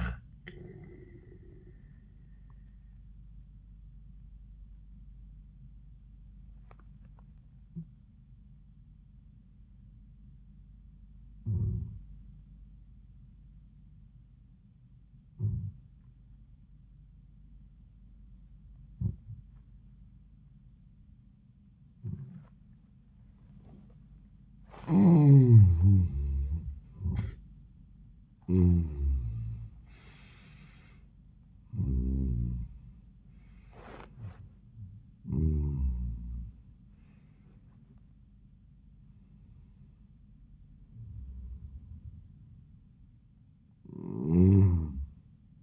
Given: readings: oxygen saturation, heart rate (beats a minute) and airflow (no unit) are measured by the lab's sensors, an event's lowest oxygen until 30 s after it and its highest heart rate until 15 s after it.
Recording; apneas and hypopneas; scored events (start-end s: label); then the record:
breathing in sleep by a smartphone at the bedside; 1
4.00-24.70 s: obstructive apnea (N1, oxygen 97% highest, then 78% lowest, heart rate 84 at the start, 97 highest)
From the record:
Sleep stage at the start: N1 (lightest sleep); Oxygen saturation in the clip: 79 to 97%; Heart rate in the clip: 79 to 97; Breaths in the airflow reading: 6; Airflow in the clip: -34.6 to 26.6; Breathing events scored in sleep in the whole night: 400 in 8.7 hours asleep